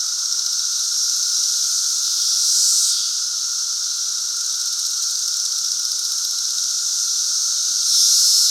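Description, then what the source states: Periodical cicada chorus with a steady hissing drone and low hum, broken by two louder, brighter surges around the third and eighth seconds. Central Illinois; 2024 cicada super bloom.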